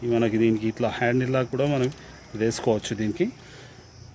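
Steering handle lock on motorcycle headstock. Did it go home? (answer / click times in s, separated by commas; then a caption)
no / none. Someone talks while handling the side-mounted steering handle lock on the headstock of a restored 1992 Yamaha RX 100 motorcycle, with the lock set fitted new. Bursts of speech fill most of the clip, with short quieter gaps between them. The lock has not engaged or clicked yet.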